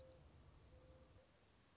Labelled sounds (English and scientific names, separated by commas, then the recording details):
Mourning Dove (Zenaida macroura)
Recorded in Sonoma County, California